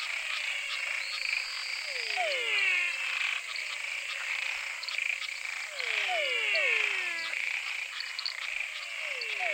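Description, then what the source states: Frog chorus with clusters of descending swept croaks in groups of two or three every few seconds, over a dense high-pitched trilling background. Frog chorus recorded in Mato Grosso.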